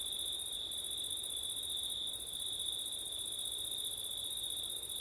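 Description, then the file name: Crickets trill steadily in two shrill layers, a bright high ring above a lower band. Crickets on a September night, with wind, recorded with an ORTF stereo microphone setup. "crickets wind september night ortif"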